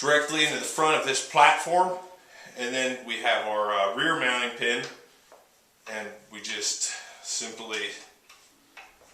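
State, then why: Not seated. Someone talks while handling the rear mounting pin that holds an M60 machine gun to its pedestal mount cradle; a faint, brief sound occurs around 8.3 s. The pin has not been pressed in yet, so nothing has seated or locked at the end of the clip.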